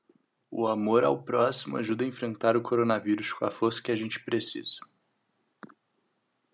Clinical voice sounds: spoken sentence; Brazilian Portuguese; male; 20 to 29 years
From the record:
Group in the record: control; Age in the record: 20 years

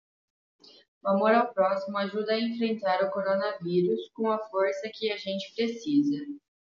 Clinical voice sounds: spoken sentence; Brazilian Portuguese; female; 20 to 29 years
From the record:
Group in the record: control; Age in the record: 24 years

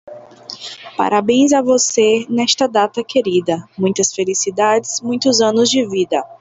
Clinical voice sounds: short text; Brazilian Portuguese; female; 30 to 39 years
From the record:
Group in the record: control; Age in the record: 30 years

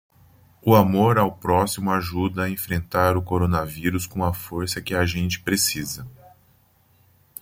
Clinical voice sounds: spoken sentence; Brazilian Portuguese; male; 50 to 59 years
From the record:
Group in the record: control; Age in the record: 50 years

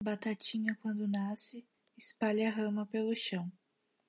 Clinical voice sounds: short text; Brazilian Portuguese; female; 20 to 29 years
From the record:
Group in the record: control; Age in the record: 25 years

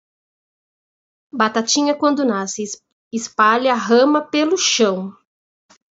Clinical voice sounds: short text; Brazilian Portuguese; female; 40 to 49 years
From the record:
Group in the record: control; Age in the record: 44 years

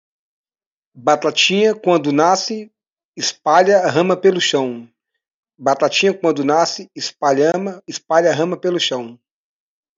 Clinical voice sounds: short text; Brazilian Portuguese; male; 30 to 39 years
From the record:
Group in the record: control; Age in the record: 38 years

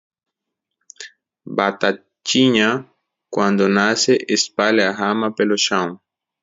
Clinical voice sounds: short text; Brazilian Portuguese; male; 20 to 29 years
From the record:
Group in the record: control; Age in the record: 29 years

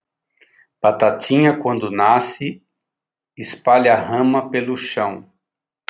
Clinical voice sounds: short text; Brazilian Portuguese; male; 60 to 69 years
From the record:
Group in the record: control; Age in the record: 60 years

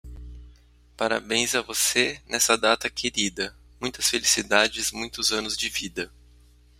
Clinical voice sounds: short text; Brazilian Portuguese; male; 40 to 49 years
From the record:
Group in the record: control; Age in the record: 42 years

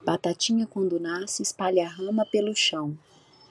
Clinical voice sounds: short text; Brazilian Portuguese; female; 40 to 49 years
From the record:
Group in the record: control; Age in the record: 42 years

